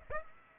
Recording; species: mosquito wingbeat signal from an infrared sensor; Aedes aegypti